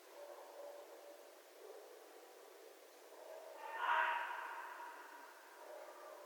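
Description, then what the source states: Red fox making one brief harsh, wheezy call in the middle, rising and fading within a second, over a quiet hissing background. Recorded 11 January 2012.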